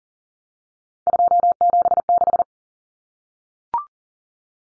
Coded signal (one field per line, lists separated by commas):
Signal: Morse code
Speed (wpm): 40 wpm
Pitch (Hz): 700 Hz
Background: none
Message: 276